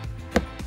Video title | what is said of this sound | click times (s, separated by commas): How to INSTALL and USE "LAMBORGHINI AVENTADOR SVJ" | there you go did you hear the click see if you hear that click that means it's good | 0.4 s